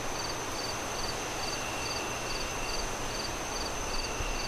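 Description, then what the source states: Cricket chirps come as short high pulses roughly twice a second, over thick, constant wind rush. Crickets chirping on a windy night as the moon rises, with wind howling through the trees.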